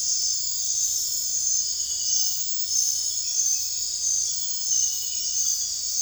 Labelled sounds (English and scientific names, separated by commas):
none